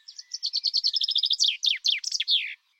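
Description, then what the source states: Common Chaffinch song: a bright, rapid series of repeated notes that steps down in pitch, ending in a brisk flourish, one verse lasting about two and a half seconds. Heard wherever there are mature trees; each verse bright and brash, about 2 to 3 seconds long, dropping in pitch step by step and ending with a flourish.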